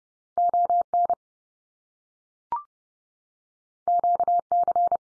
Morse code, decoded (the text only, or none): ON QC